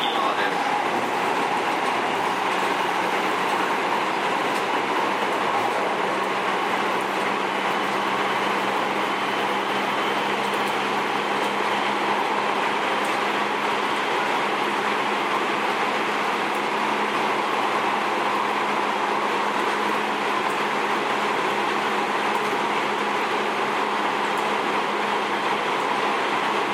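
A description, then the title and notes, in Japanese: Recorded inside a commuter electric train on the move, a steady, dense rumble of wheels and rail noise holds at an even loudness throughout. From about six seconds, a low, steady motor hum rises into view and stays under the roar to the end. JR207系 京橋〜宝塚。JR東西線、宝塚線の区間で録音しました。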